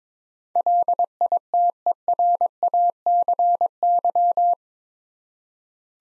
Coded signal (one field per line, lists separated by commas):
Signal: Morse code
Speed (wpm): 22 wpm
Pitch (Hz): 700 Hz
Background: none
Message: LITERACY